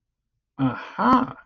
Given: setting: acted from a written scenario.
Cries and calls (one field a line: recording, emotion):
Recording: vocal sound without words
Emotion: interest